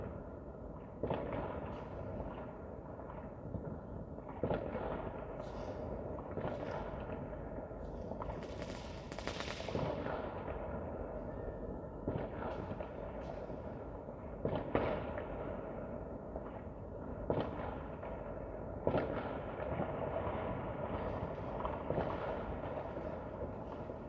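New Year's Eve fireworks crackle and thump over a constant low rumble of distant-sounding bangs. Sharp reports break out every few seconds, at about 1, 4.5, 9, 14.5, 17 and 19 seconds, with a dense flurry of crackling around 9 seconds.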